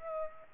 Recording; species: mosquito wingbeat signal from an infrared sensor; Aedes aegypti